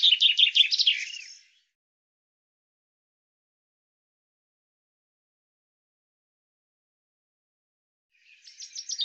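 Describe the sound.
Common chaffinch song: a short burst of quick, descending trilled notes, then a long silence, then another song starting up at the end.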